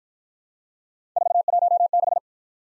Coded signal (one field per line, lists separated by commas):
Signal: Morse code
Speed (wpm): 51 wpm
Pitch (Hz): 700 Hz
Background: none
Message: 416